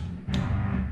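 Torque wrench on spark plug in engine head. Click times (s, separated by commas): 0.3 s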